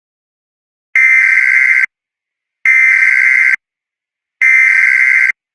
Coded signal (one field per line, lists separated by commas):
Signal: Emergency Alert System (SAME) tones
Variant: header bursts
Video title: [SNEAKPEAK!!] EAS Scenario 9 - Alien Invasion!